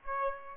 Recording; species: mosquito wingbeat signal from an infrared sensor; Aedes aegypti